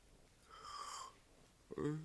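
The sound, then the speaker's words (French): A drawn-out, breathy yawn with a wavering mid-pitched tone lasting about half a second, followed after a pause by a short, lower voiced groan. “Oh, avec vos discours idiots, vous m'avez donné envie de bâiller aussi.”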